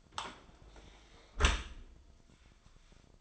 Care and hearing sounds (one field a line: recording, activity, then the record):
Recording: daily activity, microphone in the room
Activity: close dishwasher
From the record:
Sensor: 5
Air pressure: 1003.2 hPa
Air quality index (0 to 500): 126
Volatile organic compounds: 1 ppm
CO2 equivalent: 926 ppm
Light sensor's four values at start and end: 68/164/68/76 and 70/169/71/79